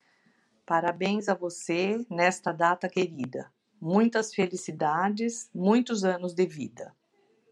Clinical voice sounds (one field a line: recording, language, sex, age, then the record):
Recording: short text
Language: Brazilian Portuguese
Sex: female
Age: 50 to 59 years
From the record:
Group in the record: control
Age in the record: 59 years